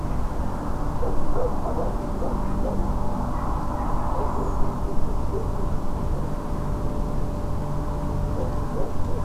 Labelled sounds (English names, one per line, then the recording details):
Redwing
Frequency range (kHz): Redwing 6.4-7.7 kHz
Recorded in France